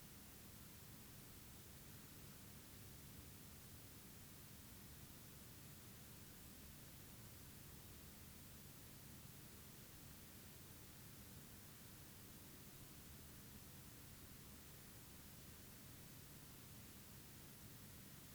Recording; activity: daily activity, guitar pickup as the sensor; stand